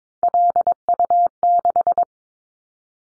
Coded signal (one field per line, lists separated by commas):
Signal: Morse code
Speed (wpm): 22 wpm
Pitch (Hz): 700 Hz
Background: none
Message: LU6